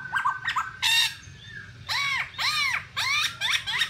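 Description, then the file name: Black-throated laughingthrush giving loud, harsh arched squawks, repeated about every half second, after a couple of short whistled notes. "tieng khuou bac ma hot"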